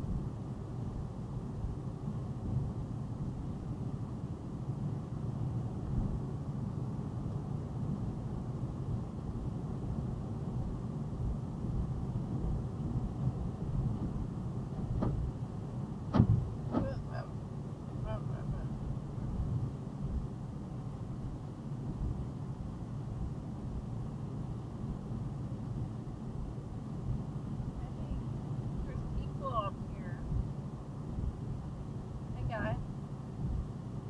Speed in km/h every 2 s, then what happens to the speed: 92, 93, 95, 95, 97, 97, 97, 95, 93, 92, 92, 92, 92, 93, 93, 92, 92.
0-34 steady at about 93.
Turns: none.